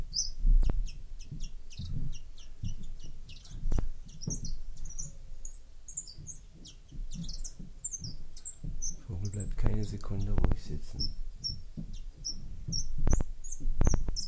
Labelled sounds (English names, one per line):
Common Chiffchaff song